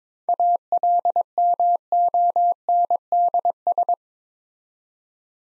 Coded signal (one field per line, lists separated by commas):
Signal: Morse code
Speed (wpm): 22 wpm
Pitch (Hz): 700 Hz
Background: none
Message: ALMONDS